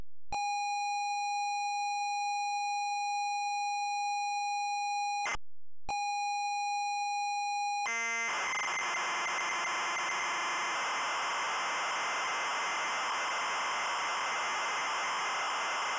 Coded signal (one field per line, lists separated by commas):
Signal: ZX Spectrum tape loading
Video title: Green Beret Sinclair ZX Spectrum | Loading & Gameplay